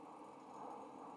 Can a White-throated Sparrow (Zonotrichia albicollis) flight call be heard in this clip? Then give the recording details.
no. No flight call is heard. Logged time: 02:23 on 5 December 2014